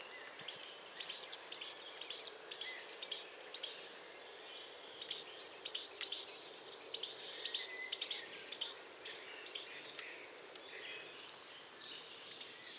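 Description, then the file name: Great tit calling in long bouts of rapid, very high chirping notes, separated by two short pauses of near quiet. "Parus major"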